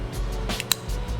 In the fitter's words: they click into place and there's absolutely no way that you're going to be able to separate this without pushing this first